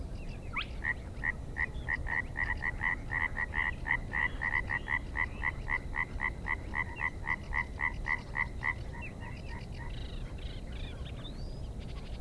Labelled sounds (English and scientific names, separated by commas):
Spotted Crake (Porzana porzana)